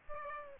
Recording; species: mosquito wingbeat signal from an infrared sensor; Aedes albopictus